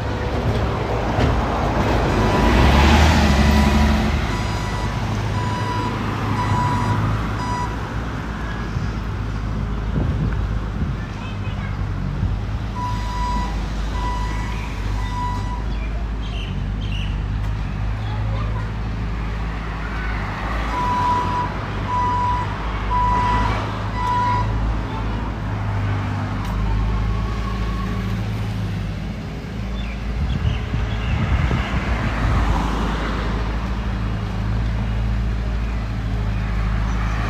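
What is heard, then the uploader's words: A walk through Ramat Aviv, Israel, with a steady low rumble of passing traffic throughout and cars swelling by around 3, 20 and 32 seconds. Faint voices drift through, and a brief beeping tone sounds near 8, 14 and 22 seconds. Tel Aviv City Sounds. Walking In Ramat Aviv, Israel. Walking Around The Tel Aviv University.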